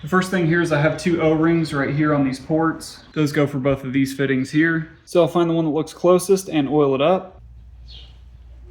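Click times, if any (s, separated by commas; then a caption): none. A rubber O-ring is being fitted onto an A/C line port fitting on the compressor of a 1994 Chevy K1500 during an A/C compressor replacement, with two O-rings matched to the two fittings and oiled before going on. A man talks throughout over quiet handling in a small room, and the clip ends with low background noise. Nothing has seated or clicked yet.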